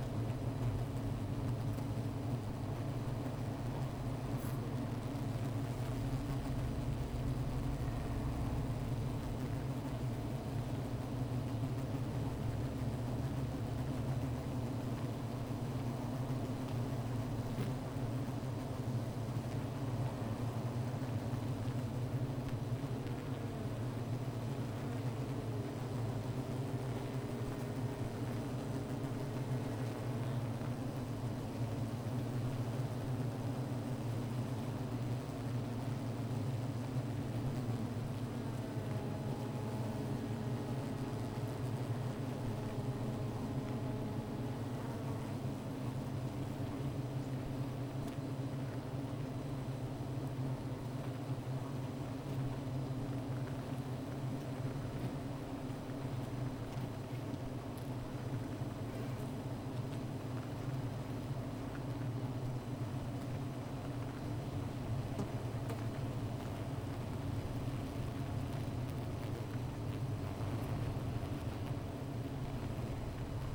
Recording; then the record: honeybee colony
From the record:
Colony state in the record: missing queen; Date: 14 July 2017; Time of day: 15:18